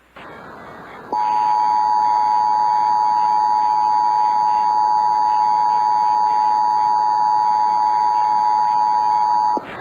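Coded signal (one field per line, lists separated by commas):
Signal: Emergency Alert System (SAME) tones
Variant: 853 and 960 Hz attention tone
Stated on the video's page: Valid tones from Texas Required Monthly Test captured on a Scientific Atlanta cable box in Austin, with distorted audio and added airy background noise effect in a mockup.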